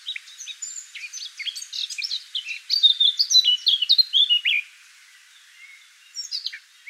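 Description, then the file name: Eurasian blackcap song: a fast, rich warble of varied chirps and fluty notes that builds to a louder burst midway, then breaks off into a short pause before a few final notes. "Sylvia atricapilla"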